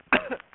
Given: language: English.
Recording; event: throat vibration sensor signal played as sound; cough